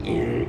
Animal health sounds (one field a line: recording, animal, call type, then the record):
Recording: contact call of a hoofed animal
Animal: pig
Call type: closed-mouth grunt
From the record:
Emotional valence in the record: negative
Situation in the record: short social isolation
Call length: 0.49 s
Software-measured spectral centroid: 1330 Hz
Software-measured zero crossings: 940 a second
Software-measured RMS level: -24 dBFS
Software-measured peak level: -12 dBFS